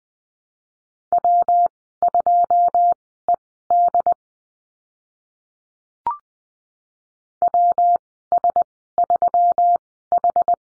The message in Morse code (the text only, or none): W2ED WS3H